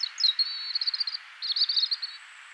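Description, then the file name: European robin, high thin twittering notes in two short bursts, the first longer, the second after a brief pause, over a soft hiss. "Erithacus rubecula"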